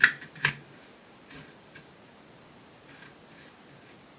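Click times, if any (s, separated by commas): none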